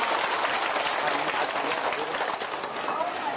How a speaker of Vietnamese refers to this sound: và trân trọng giới thiệu cùng toàn thể quý vị đề nghị quý vị cho một tràng pháo tay để chúc phước cho được.